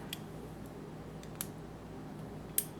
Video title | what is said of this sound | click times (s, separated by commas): Brian Looks At The Gobo Projector LED From American DJ | got to get it snapped in place tight | 1.4 s, 2.6 s